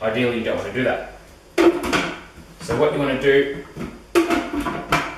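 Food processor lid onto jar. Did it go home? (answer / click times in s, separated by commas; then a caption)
yes / 4.2 s, 4.9 s. A plastic food processor lid is turned onto its jar until it locks into place, so the machine will now work. Someone talks, then sharp clicks are heard at 4.2 s and 4.9 s as the lid seats.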